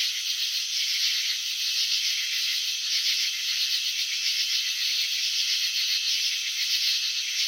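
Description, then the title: Cricket chirping: a steady, buzzy rattle built from fine, rapid pulses in a bright high band, with no other sounds. Chirping slowed down (slow motion). "Crickets in Slow Motion 📷. Capturing the Elegance of Chirping"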